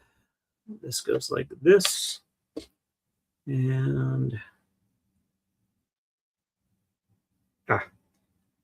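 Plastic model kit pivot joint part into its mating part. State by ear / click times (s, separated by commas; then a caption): seated / 7.7 s. Someone talks while pushing two plastic Gundam model-kit parts together at a pivot joint. After a low hum around 3.5–4.5 s, a single sharp click is heard at 7.7 s as the part snaps into its mating part, seated in place.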